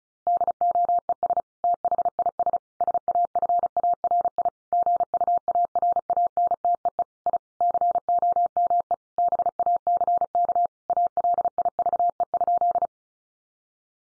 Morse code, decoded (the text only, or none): DOES THIS SAFARI GUARANTEE I COME BACK ALIVE?